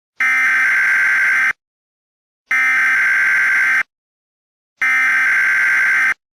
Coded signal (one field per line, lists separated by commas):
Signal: Emergency Alert System (SAME) tones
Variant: header bursts